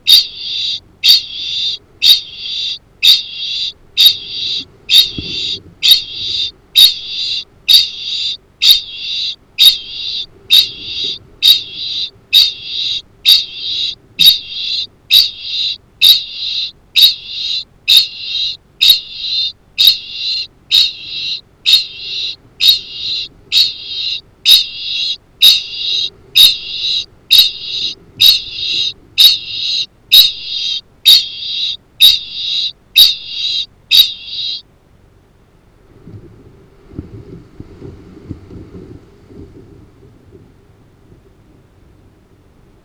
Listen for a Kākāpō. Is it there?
yes